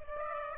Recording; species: mosquito wingbeat signal from an infrared sensor; Aedes aegypti